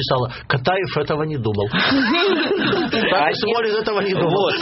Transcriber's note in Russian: смех